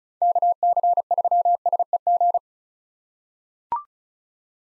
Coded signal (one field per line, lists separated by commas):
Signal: Morse code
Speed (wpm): 34 wpm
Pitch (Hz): 700 Hz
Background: none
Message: KC3SEG